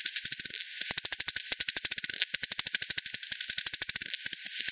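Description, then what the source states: Bat calls as rapid, regular clicking pulses in a near-continuous stream, with brief pauses, over faint background hiss. Multiple bats at Hogsmill River, Hogsmill Lane, 7 October 2020, 18:10; recording FD10-processed, band-pass filtered and resampled.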